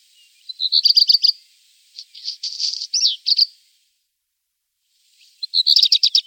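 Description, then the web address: Bird song of quick high chirping phrases in three bursts separated by short pauses, with rapid repeated notes and a few sweeping whistles. "voegel stimmen"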